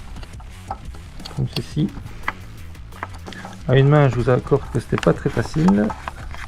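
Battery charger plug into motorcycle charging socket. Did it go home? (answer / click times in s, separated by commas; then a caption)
no / none. A Ducati battery charger's dedicated plug is pushed one-handed toward the matching charging socket on a motorcycle, with small handling knocks and scrapes while someone talks. The connector has not clicked or seated into the socket yet.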